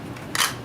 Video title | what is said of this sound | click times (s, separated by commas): Fantastic tool for blade ballancing and some Light work | It locks in place on your pole, so it's pretty handy. | 0.4 s